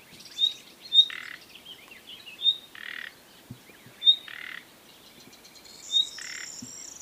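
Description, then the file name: Common nightingale calls: crisp high whistles and rough rattling croaks in loose alternation, with thin high chatter in the background. "Luscinia megarhynchos"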